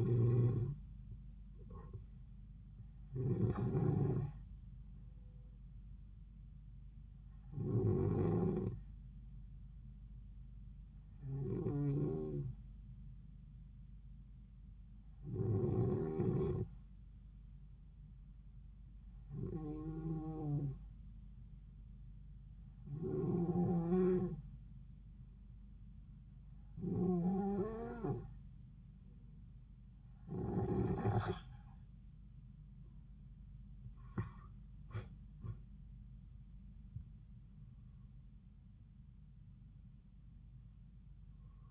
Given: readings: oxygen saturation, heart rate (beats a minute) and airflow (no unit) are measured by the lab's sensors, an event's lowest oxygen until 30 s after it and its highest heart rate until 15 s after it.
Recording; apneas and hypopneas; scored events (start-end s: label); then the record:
breathing in sleep by a smartphone at the bedside; 1
13.00-36.80 s: hypopnea (N2, oxygen 94% highest, then 92% lowest)
From the record:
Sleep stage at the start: N2 (light sleep); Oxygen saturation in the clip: 91 to 94%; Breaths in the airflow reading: 11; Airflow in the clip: -7.5 to 8.6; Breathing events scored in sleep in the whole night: 270 in 6.1 hours asleep